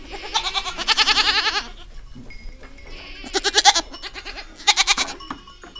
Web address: Les chevres. un jour a la ferme